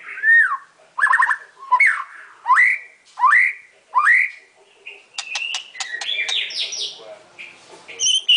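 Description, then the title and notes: White-rumped shama song opening with six whistled phrases, mostly rising, then turning into a dense jumble of clicks, buzzy notes and high whistles. Masteran song used for training songbirds. "Masteran Murai Batu"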